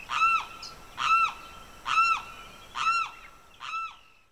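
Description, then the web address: Bird uttering five strong, arched, nasal notes about one second apart, the last one softer, with faint background chirping. Evening birdsong in the Pantanal swamp, rural South America. "The BBC Sound Effects Library - Complete 60 CDs Collection Sound Effects Library- (Rural South America) Evening Birdsong, Pantanal Swamp"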